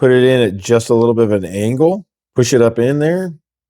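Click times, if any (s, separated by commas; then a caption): none. An M.2 NVMe SSD is angled into the slot of an aluminum external drive enclosure and pushed up into place while someone talks. The clip ends before it is pushed down, so nothing has seated or clicked yet.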